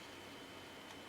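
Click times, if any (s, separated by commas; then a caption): none. A TOSLINK optical audio cable plug is being handled at the optical output socket next to a device's HDMI output, after a first attempt that did not go in properly. Only a steady low background hiss is heard, with a brief sharp sound starting right at the cut at 1.1 s. Nothing has seated or clicked yet.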